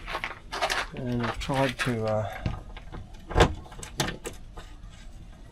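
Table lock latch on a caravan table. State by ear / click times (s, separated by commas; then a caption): not seated / none. Someone talks while working the lock on a caravan's fold-down table, trying to turn it so the table latches. Brief sharp knocks and rattles come between about 3.4 and 4.3 seconds. Nothing has latched or clicked into place yet: the table does not lock.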